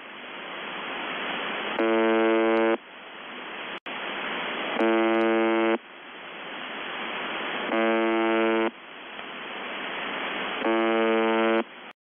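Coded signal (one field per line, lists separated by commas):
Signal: channel marker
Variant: UVB-76 (The Buzzer)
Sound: four harsh one-second buzzes, about three seconds apart, between bursts of swelling hiss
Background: radio static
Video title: The Buzzer/UVB-76 Voice Message March 18, 2021 07:22 UTC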